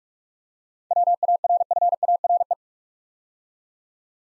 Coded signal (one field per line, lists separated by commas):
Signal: Morse code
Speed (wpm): 44 wpm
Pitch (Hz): 700 Hz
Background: none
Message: WARFARE